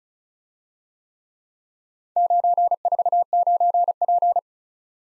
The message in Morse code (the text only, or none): 949P